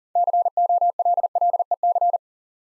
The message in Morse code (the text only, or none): COLLEC